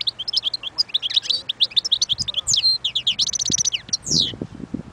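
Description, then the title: European goldfinch song, a continuous run of bright tinkling twitters with a rapid buzzy trill in the second half and a sweeping note near the end, faint low taps behind. Wild bird. "اجمل غناءالحسون الخلويchant chardonneret sauvage"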